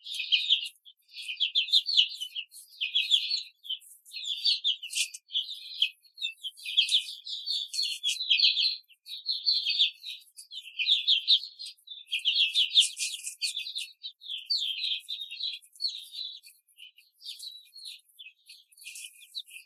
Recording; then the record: young laying hens in a cage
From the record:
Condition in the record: control cage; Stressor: none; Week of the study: 5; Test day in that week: 1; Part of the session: 1